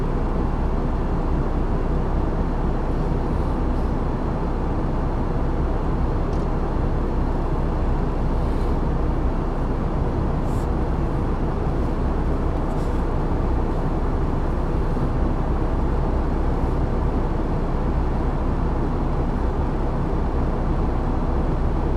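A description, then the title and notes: Plane cabin sound during a flight: a steady, dense engine roar heavy in the low end, never changing in level for the whole stretch. A thin hiss runs above it, with a few faint brief ticks and clicks around the middle. Full Flight From Ft.Lauderdale To San Juan, Puerto Rico. Plane Sounds, Flight Sounds.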